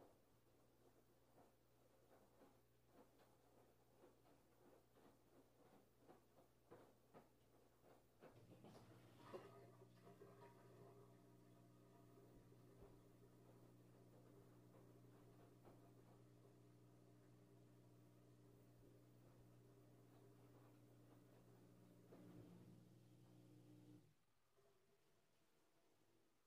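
A laundry washing machine runs with a steady low hum and faint ticking clicks through the first eight seconds. Around nine seconds a louder, deeper motor drone starts with a bump and holds evenly, then cuts off near twenty-four seconds, leaving a quiet hiss.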